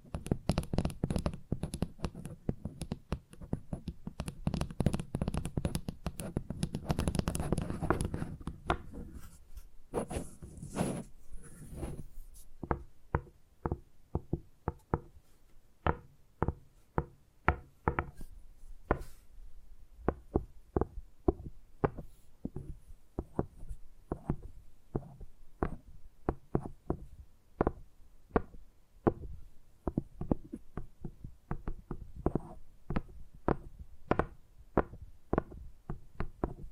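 Tapping sounds start over a dense, hissy rustle, then ring out as crisp, separate knocks at a quick, uneven pace for the rest.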